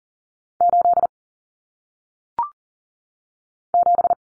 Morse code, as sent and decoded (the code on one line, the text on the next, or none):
---.. / --...
8 7